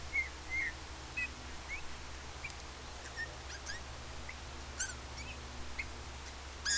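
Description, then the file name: Eurasian bullfinch giving soft piping whistles, short and slightly curved in pitch, repeated irregularly throughout among faint ticking sounds and a steady low hum. "Pyrrhula pyrrhula"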